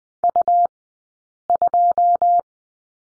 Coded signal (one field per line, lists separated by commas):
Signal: Morse code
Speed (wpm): 20 wpm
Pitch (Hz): 700 Hz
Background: none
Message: U2